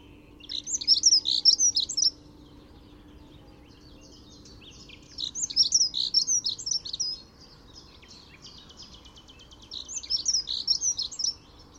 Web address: chant didier collin accenteur mouchet